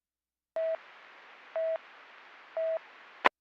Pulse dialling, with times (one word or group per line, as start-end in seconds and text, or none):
none